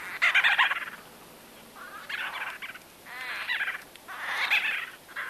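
White-fronted bee-eater calls: several bursts of rough, nasal chattering notes separated by short pauses.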